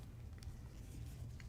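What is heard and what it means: A plastic wing attachment is fitted into the back of a sixth scale action figure while setting up the third wing option, over a steady low background hum. A few small plastic ticks come early, then a sharp click at 1.4 s as the piece seats into the figure's back.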